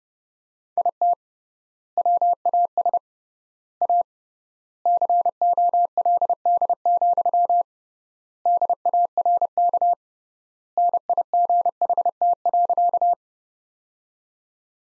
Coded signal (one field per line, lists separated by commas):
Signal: Morse code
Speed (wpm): 30 wpm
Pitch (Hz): 700 Hz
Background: none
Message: IT WAS A COLD, DARK NIGHT.